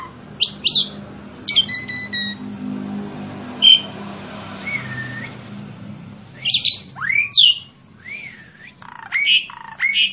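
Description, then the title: Asian pied starling singing scattered whistled notes and short chirps, some rising or falling, separated by pauses, over a steady low hum. Recording used as a master for training captive birds. "Masteran Ampuh Jalak Suren"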